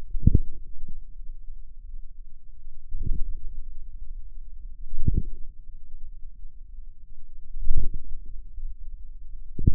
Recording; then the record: forearm muscle sounds (acoustic myography)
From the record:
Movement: inward rotation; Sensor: system 2, bracelet of six BSWA MPA416 microphones around the upper forearm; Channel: 5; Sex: female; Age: 23 years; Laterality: right